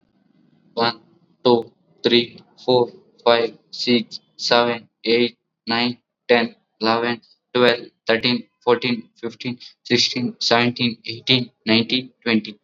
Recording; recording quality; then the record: counting at a normal pace; excellent, no background noise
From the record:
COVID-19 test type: RT-PCR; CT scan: not taken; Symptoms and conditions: fever, muscle pain, another condition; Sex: male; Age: 18 years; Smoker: no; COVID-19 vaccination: both doses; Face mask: worn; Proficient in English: yes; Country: India